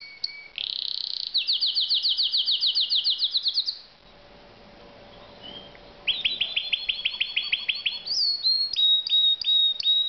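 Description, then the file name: Canary song: a rapid buzzy trill sliding upward, a brief quiet gap with faint background noise, then fast repeated trilled notes and clipped whistles. "Uccello Canarino"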